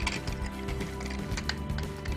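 The plastic hip/rear panel of a Magic Square MS-02 Light of Peace Optimus Prime transforming robot toy is pressed up from below so its peg-and-socket tabs lock together. A run of ratchet-like plastic clicks is heard, with the sharpest snap at 1.5 s. The panel is seated and clipped in place.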